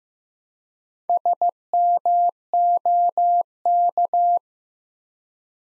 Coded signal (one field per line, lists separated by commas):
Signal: Morse code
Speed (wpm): 15 wpm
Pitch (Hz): 700 Hz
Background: none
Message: SMOK